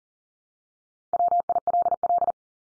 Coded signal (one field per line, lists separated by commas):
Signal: Morse code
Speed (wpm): 40 wpm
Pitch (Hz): 700 Hz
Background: none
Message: WILL